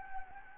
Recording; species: mosquito wingbeat signal from an infrared sensor; Anopheles gambiae